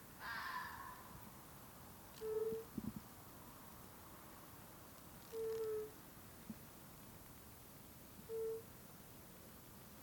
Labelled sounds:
Fire-Bellied Toad (Bombina bombina) call

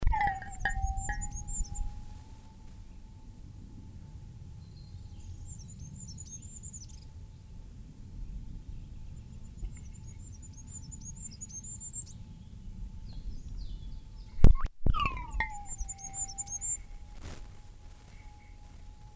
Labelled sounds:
Goldcrest (Regulus regulus) song

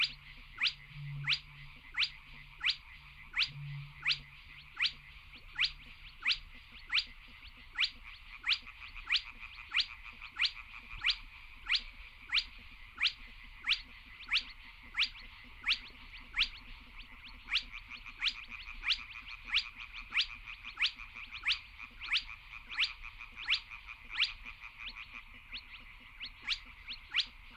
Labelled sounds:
Spotted Crake (Porzana porzana)

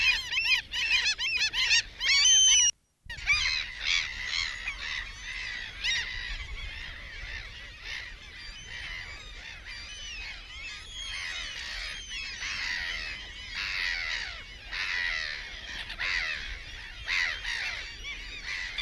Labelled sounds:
Mediterranean Gull (Ichthyaetus melanocephalus) call

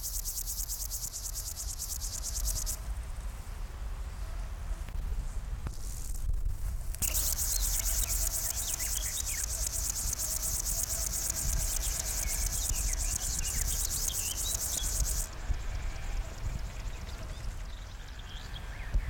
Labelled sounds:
Upland Field Grasshopper (Chorthippus apricarius) stridulation

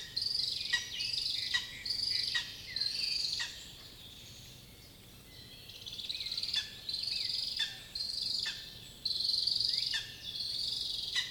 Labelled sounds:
Lesser Spotted Eagle (Aquila pomarina) call

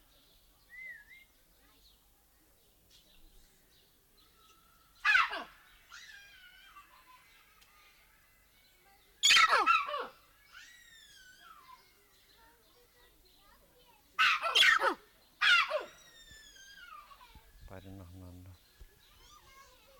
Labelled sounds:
Collared Mangabey (Cercocebus torquatus)

